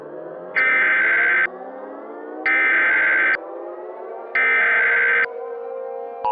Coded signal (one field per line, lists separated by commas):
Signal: Emergency Alert System (SAME) tones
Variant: header bursts